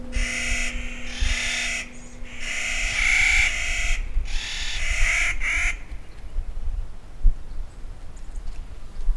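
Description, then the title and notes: Clark's Nutcracker giving a series of harsh, grating calls for about six seconds, with a low steady hum at first, followed by quiet. Summer band of Clark's Nutcrackers counter singing; close cohorts of the endangered whitebark pines of the Pacific Northwest. "a summer band of Clark's Nutcrackers -- counter singing -- close cohorts of the endangered WHITEBARK Pines, great NESTOR of the Pacific NORTHWEST"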